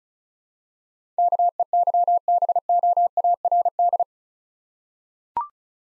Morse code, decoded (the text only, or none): KEYBOARD